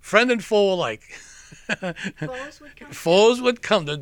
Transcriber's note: he laughs